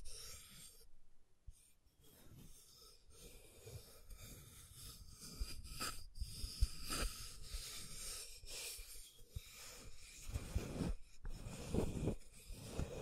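Scratching and tracing on a surface, heard as rough, hissing strokes that swell and fade irregularly, with a brief pause near the first second and another around eleven seconds. Sharper scrapes and small clicks punctuate the steady rasp, especially in the middle and final seconds.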